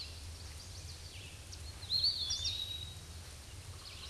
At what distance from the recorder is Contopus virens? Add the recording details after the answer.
about 15 m. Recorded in a Pennsylvania forest on 18 May 2023 at 06:43. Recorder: AudioMoth, point grid1_18_low. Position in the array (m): 166 m, 172 m